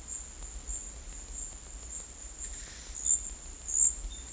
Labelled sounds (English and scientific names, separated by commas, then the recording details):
none
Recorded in dense forest near Puerto Asís, Putumayo, Colombia, on 19 February 2024 at 12:00
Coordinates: 0.484, -76.317
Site G6464